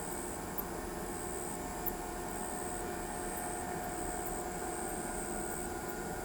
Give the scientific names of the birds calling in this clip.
none